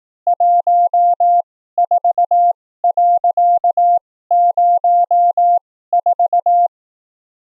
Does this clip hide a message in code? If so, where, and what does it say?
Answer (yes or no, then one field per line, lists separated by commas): yes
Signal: Morse code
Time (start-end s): 0.3-6.7 s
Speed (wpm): 18 wpm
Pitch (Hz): 700 Hz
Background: none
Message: 14.04